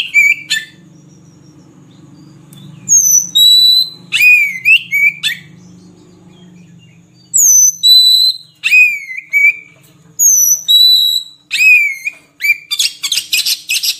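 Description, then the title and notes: Oriental magpie-robin whistling clear level and falling notes in spaced phrases, ending in a harsh buzzy burst, with a low hum early on. Long-duration song used as fill material for training kept birds to sing, for day and night. "Kacer Jadi Gacor Siang Malam. Isian Kacer Durasi Panjang"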